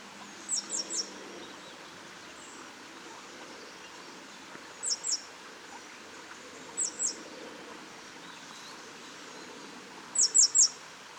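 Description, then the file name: Great tit call notes, high and thin, in small clusters of two or three spaced several seconds apart, the last cluster louder, over steady low background noise. "Parus major"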